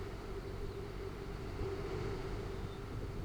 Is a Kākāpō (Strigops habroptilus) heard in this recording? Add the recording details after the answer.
yes. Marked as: faintness 4/5. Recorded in New Zealand. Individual Arab